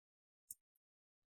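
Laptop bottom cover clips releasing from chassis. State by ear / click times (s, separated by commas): released / 0.5 s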